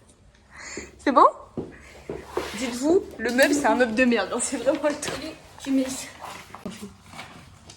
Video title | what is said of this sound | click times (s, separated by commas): Déménage "Episode 1" - On mange quoi ? 😮 | Mais là, ça a pas fait clic. | none